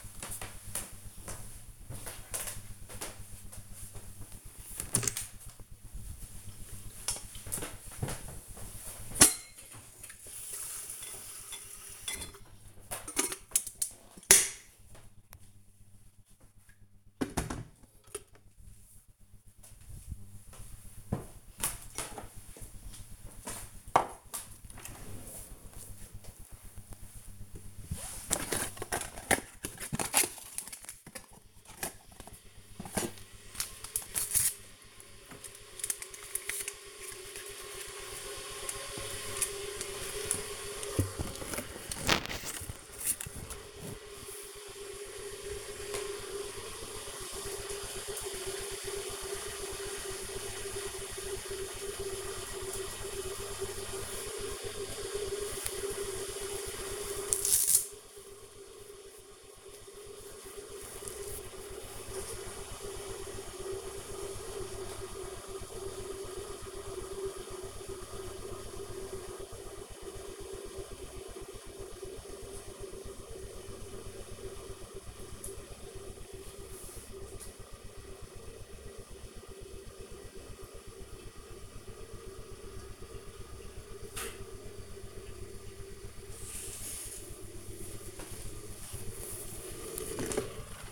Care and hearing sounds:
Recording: household activities, microphone on the right wrist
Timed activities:
3.76-90.92 s: making tea

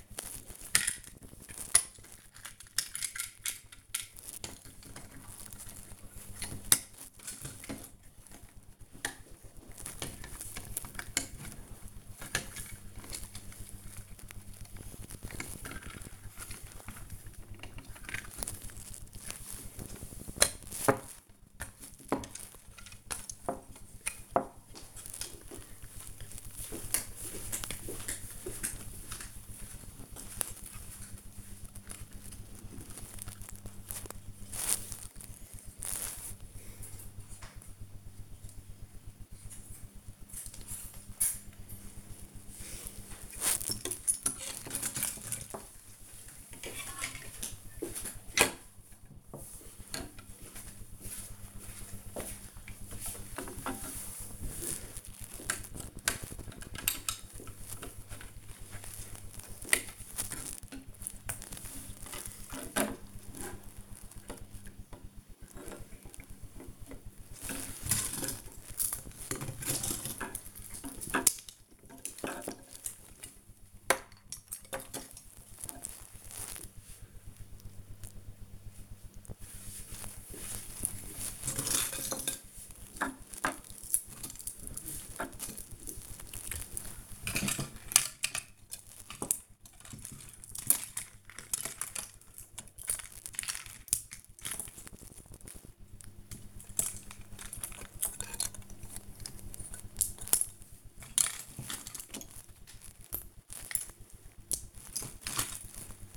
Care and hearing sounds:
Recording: household activities, microphone on the right wrist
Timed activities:
1.74-106.17 s: building with lego

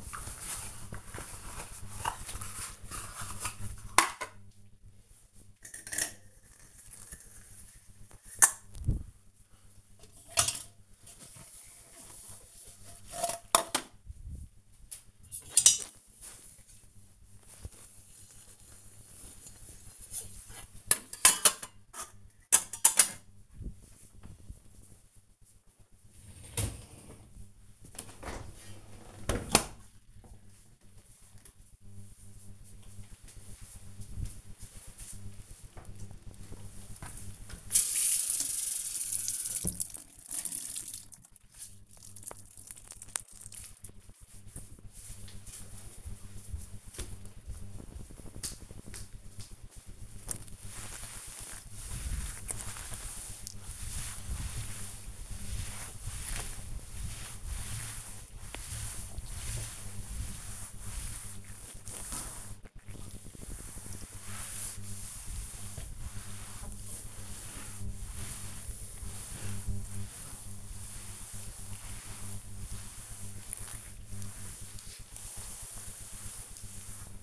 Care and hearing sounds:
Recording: household activities, microphone on the right wrist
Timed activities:
0.00-28.79 s: cleaning out the dishwasher
35.85-77.23 s: cleaning table

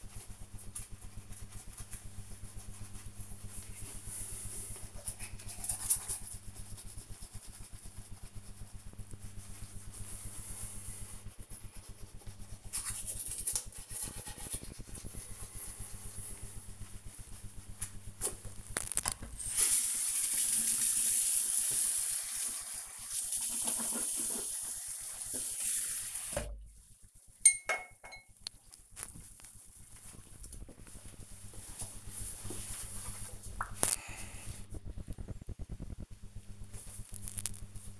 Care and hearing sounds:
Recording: household activities, microphone on the right wrist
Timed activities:
0.00-28.22 s: brushing teeth

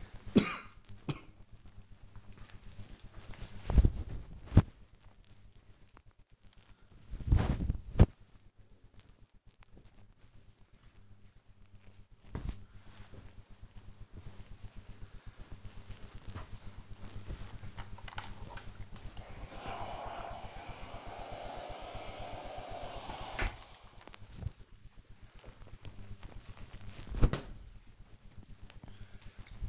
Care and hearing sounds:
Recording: household activities, microphone on the right wrist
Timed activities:
18.93-29.68 s: ironing laundry

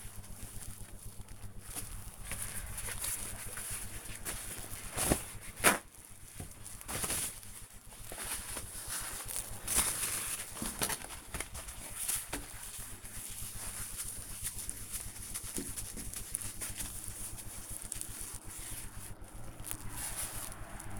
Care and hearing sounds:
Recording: household activities, microphone on the right wrist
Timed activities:
0.00-21.00 s: window cleaning

